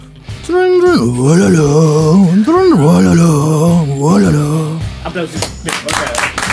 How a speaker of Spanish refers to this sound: Aplausos.